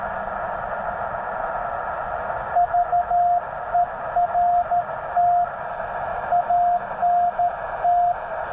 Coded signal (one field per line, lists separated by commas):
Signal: Morse code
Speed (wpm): 13 wpm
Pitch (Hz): 700 Hz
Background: radio noise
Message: VERT ANT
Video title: a Spring night ~ Yaesu 891 ~ CW QSO ~ SubTitles